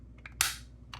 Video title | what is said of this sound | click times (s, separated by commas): STAR WARS DISNEY"DROID FACTORY" IMPERIAL PROBE DROID SET REVIEW! | They'll click right into place. | 0.4 s